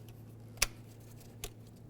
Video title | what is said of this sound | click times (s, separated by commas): How to Replace Camshaft Position Sensor 2009-2020 Dodge Journey | sure that's completely locked in so it can't fall off | 0.6 s